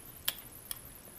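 On a BMW E36, the trunk latch release is pulled, and the trunk latch mechanism clicks open with a sharp, bright click at 0.3 s as its spring pushes it back. A fainter second click follows at 0.7 s. The latch is released and pops back open.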